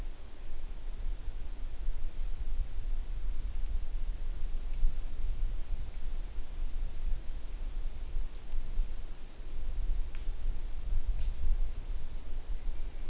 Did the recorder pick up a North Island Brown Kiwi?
no